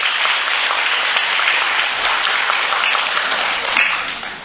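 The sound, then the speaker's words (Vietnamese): Steady applause from an audience at a Buddhist dharma talk, for a person who has just offered words of praise, a dense crackle of many hands clapping at an even loudness throughout, with no voices, before easing off slightly at the very end. “Cho vị này một tràng pháo tay này.”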